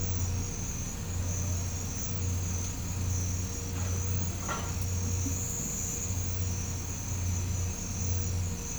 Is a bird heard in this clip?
no